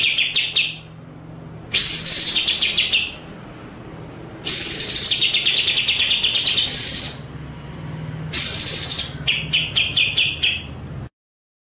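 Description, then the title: White-rumped shama song: harsh, buzzy high bursts alternating with rapid pulsed rattles, in four loud phrases separated by short pauses, over a faint low hum. Masteran training track of full 'ngerol' (long rolling) and 'nembak' (shooting) song styles. "Masteran Murai Batu Full Ngerol Nembak"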